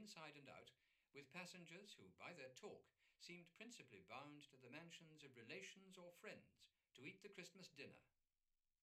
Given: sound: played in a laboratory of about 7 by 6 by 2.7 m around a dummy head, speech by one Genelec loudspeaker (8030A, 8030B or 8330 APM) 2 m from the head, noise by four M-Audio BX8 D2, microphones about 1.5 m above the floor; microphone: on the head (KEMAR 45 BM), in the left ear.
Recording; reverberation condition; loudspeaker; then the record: male speech in English; low; 30 degrees to the left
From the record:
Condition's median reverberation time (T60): about 310 ms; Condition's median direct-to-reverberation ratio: about 3.5 dB